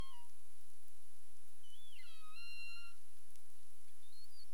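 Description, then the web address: Humpback whale tonal calls: a short set of whistle-like units with clear harmonics, sliding down then holding steady, over constant underwater hiss and a faint high steady tone. Caribbean; 27 April 2035, 22:53 UTC. "humpback whale 20350427 225331 UTC"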